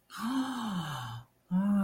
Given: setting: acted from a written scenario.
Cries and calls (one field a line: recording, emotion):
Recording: vocal sound without words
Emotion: awe